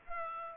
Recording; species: mosquito wingbeat signal from an infrared sensor; Culex pipiens